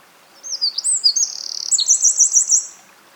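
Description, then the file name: Eurasian wren song: quick high twittering notes running into a rattling trill, then a series of evenly spaced shrill notes. "Troglodytes troglodytes"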